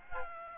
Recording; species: mosquito wingbeat signal from an infrared sensor; Aedes aegypti